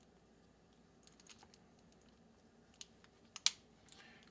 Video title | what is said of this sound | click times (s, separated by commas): Field Stripping a 1911A1 | There we go, snaps into place. | 3.5 s